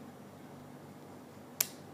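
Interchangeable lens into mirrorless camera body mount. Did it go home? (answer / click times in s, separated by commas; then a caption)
yes / 1.6 s. An interchangeable lens, aligned white dot to white dot, is inserted into the mount of a Sony Alpha A5000 mirrorless camera body and twisted clockwise. Over a low background hum, a single sharp bayonet click is heard at 1.6 s. The lens is fully locked and seated.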